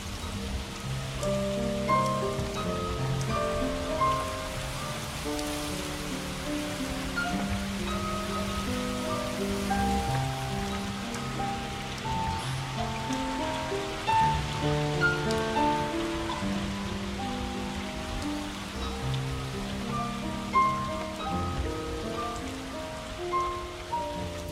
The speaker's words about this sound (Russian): Дождь.